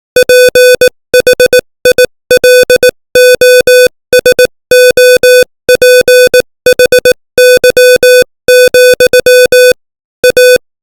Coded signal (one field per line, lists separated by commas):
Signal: Morse code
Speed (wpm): 18 wpm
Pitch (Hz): 500 Hz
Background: music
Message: PHILOSOPHY, A